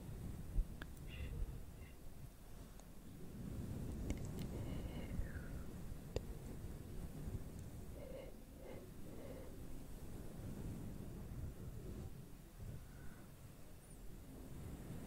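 Nails scratch across a fluffy mic in a steady low rumbling rustle, with scattered sharp clicks and brief squeaky streaks throughout.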